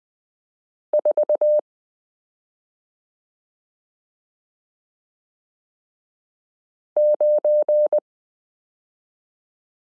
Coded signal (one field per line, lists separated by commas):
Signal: Morse code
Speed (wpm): 20 wpm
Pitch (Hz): 600 Hz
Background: none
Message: 49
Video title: Morse Code Listening Lesson 37 - q 9 z h 3 8 b (?) 4 2 7 c 1 d